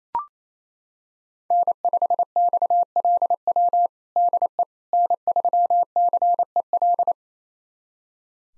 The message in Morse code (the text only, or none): N5XLW DE N3CEL